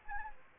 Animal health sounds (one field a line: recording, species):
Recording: mosquito wingbeat signal from an infrared sensor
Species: Anopheles gambiae